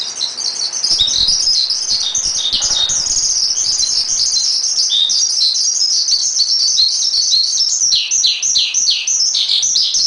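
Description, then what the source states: Asian pied starling song, a dense run of high whistles and chirps, with rapid descending notes repeated near the end. Master training recording.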